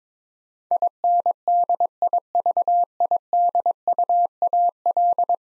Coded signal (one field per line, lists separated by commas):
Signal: Morse code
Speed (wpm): 22 wpm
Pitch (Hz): 700 Hz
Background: none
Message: INDIVIDUAL